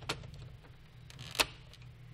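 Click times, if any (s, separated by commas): 0.1 s, 1.1 s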